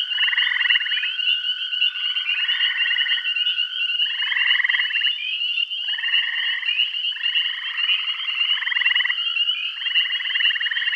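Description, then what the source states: Frogs calling: continuous overlapping pulsed trills of around a second each, with a level tone and a persistent high-pitched hum. Bath County.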